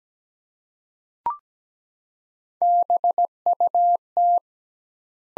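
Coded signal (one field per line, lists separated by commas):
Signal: Morse code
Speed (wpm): 17 wpm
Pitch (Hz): 700 Hz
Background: none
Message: BUT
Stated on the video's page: Morse practice at 17 wpm of sentences from the top 100 words with twice standard word spacing, a Farnsworth-like method for head-copying.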